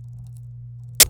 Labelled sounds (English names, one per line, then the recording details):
Domestic Canary song
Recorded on 27 April 2018 at 06:33
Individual llb3